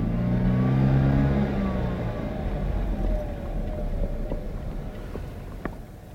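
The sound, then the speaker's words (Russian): A car engine revs, its low harmonic drone rising and then sliding downward as the car turns right onto a road, leaving a steady rumble of road and tire noise with a few faint clicks. “Сейчас вертанешь направо. Нечего там у поста ГАИ отсвечивать.”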